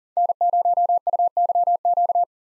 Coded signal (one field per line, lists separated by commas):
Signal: Morse code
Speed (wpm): 40 wpm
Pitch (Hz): 700 Hz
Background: none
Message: N0UYQ